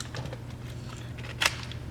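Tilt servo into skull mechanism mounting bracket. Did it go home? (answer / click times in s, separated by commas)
yes / 1.5 s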